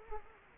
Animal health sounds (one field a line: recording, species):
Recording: mosquito wingbeat signal from an infrared sensor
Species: Culex quinquefasciatus